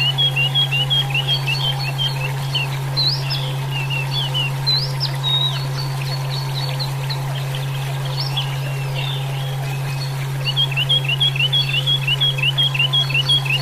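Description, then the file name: Chinese hwamei singing rapid repeated whistled notes in fast runs, broken by higher rising slurs, with a steady low hum throughout. "suara alam hwamei mini"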